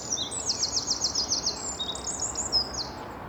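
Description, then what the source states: Eurasian wren song: a short, piercing burst of high trilled notes ending in quick twitters. At least two wrens singing, with trills.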